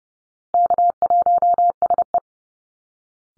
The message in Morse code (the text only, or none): K1SE